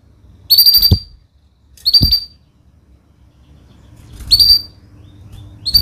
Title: Kenari Gacor Cengkok Terbaik Isian Paling Mewah